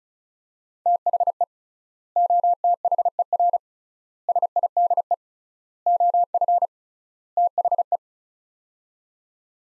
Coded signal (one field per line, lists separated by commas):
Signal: Morse code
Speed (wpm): 36 wpm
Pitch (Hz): 700 Hz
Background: none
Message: THE OTHER SIDE OF THE